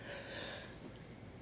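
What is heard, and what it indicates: A single short, breathy, hissing burst, like a sharp gasp or snort, lasting just over a second, with no voice in it. It is an adult's sneeze, an ordinary harmless reflex.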